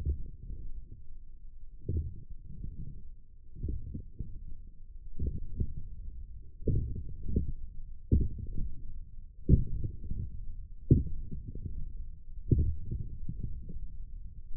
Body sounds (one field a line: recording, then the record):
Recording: forearm muscle sounds (acoustic myography)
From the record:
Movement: forearm pronation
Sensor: system 1, eight BSWA MPA416 microphones around the upper forearm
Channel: 2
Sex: male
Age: 21 years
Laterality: right